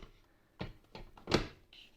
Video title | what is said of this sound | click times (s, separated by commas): Unbox Dell UltraSharp U2723QE: 27" 4K Monitor with USB-C Hub! | And you can feel it snap into place. | 1.3 s